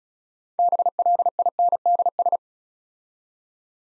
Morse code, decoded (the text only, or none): BLINDS